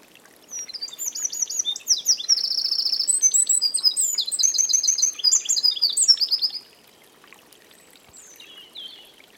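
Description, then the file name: Eurasian wren singing a long, energetic burst of shrill notes and quick trills for about six seconds, followed by a few faint notes in a quiet background. "Troglodytes troglodytes"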